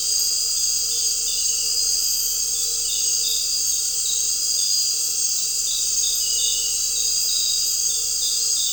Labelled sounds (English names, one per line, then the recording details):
none
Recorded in dense forest near Puerto Asís, Putumayo, Colombia, on 4 March 2025 at 19:30
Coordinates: 0.467, -76.328
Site G041